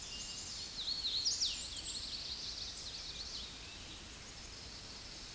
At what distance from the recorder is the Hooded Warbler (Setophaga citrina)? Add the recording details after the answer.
about 30 m. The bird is about 15 m above the microphone. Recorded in a Pennsylvania forest on 16 May 2024 at 08:07. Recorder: AudioMoth, point MSD-0398. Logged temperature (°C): 16.4 °C. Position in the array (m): 172 m, 86 m